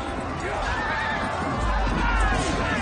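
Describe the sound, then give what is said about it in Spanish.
Horses whinny amid a chaotic battle din as Scottish Highlanders pull English riders from their horses and throw them into a river: shouting crowds, a dense continuous roar with high wavering neighs cutting through and a deep rumble swelling halfway through. “Por si fuera poco, los Highlanders escoceses empiezan a derribar jinetes de sus caballos y los lanzan contra el río.”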